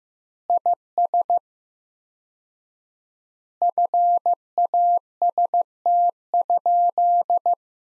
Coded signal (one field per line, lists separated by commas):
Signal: Morse code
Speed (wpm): 15 wpm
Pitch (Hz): 700 Hz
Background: none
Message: IS FAST?